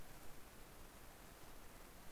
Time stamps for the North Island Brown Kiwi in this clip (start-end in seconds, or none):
none